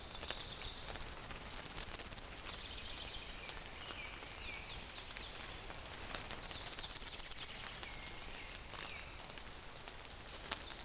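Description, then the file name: Pale-legged leaf warbler song: a high, thin, insect-like trill of rapid even pulses lasting under two seconds, given twice, with faint background chirps. "warbler-pale-legged-leaf Phylloscopus-tenellipes"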